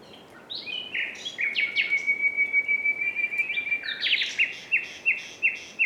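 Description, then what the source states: Common nightingale song: a long sustained whistled note, then a run of sharp, evenly spaced chirps repeated about three times a second. Several nightingales singing together as a concert; recorded in quadraphonic sound.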